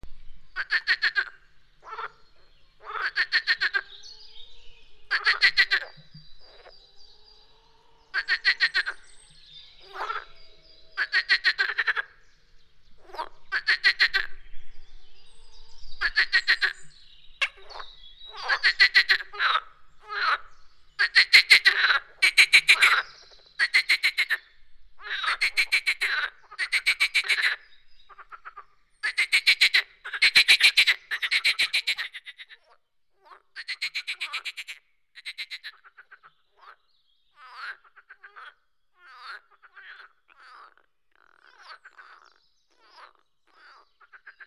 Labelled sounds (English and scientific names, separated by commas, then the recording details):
Marsh Frog (Pelophylax ridibundus) call
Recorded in the wild
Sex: group
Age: adult
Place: Teerofenbrücke, Nationalpark Unteres Odertal, Brandenburg, DE
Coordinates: 53.1336, 14.3489
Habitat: Teich
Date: 2001-05-05
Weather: bedeckt, ca. 10°C, leichter Wind
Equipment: Sony TCD-D7, Telinga Pro 5
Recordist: Frommolt, Karl-Heinz